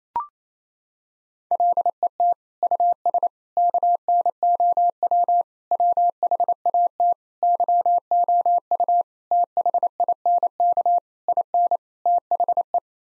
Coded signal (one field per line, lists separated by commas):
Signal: Morse code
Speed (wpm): 28 wpm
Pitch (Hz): 700 Hz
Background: none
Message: LET US KNOW WHAT YOU THINK IN THE